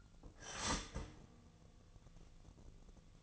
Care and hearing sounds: daily activity, microphone in the room; start toaster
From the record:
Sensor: 4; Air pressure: 1001.0 hPa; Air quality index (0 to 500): 148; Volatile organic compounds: 2 ppm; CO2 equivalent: 1090 ppm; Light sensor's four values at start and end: 19/44/18/20 and 19/45/19/20

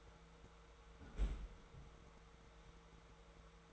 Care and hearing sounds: daily activity, microphone in the room; close fridge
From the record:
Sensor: 3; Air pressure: 1014.8 hPa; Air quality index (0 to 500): 195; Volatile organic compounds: 26 ppm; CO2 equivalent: 2852 ppm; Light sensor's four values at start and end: 18/45/19/19 and 19/48/20/21

